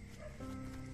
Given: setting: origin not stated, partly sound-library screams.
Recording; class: one-second piece from a danger detection set; normal situation